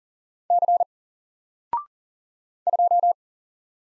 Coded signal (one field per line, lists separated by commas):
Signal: Morse code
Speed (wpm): 40 wpm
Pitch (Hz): 700 Hz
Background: none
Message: C 2